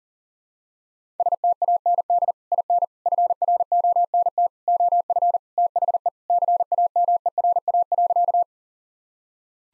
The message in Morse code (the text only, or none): STAND IN FRONT OF THE CAMERA.